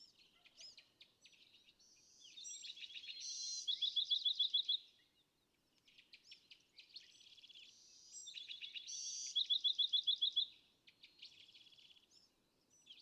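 California thrasher song: two bursts of high, varied chirps and whistles, each building to a fast metallic trill, separated by a short pause.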